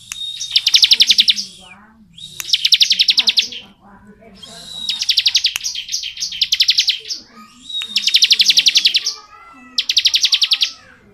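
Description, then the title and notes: Bar-winged prinia song of steady buzzy trills in bursts of about a second, with faint lower chirps between. Bar-winged prinia singing in the 'ngebren' style; recording used as training (masteran) audio for oriental magpie-robins. "Ciblek Ngebren Untuk Masteran Murai Batu. Suara burung ciblek - Suara Nada"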